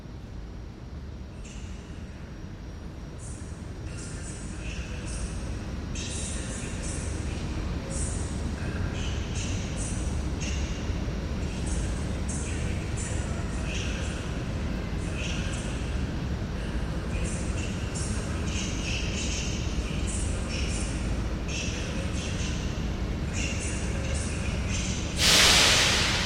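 A steady, low rumble of a train fills a station platform, with a loud mechanical drone that stays constant throughout. Clattering, hissing bursts repeat every second or so above it, and near the end a sharp, bright hiss swells briefly.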